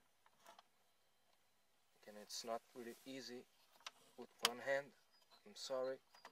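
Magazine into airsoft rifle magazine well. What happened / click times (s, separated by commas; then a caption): The magazine is being handled and has not yet seated / none. An airsoft magazine is worked into the magazine well of a new Classic Army CA33K A3 replica rifle with one hand, which is tight-fitting on a new gun; faint handling taps are heard around 0.6, 3.9 and 6.2 seconds while someone talks. Nothing has seated or clicked yet by the end of the clip.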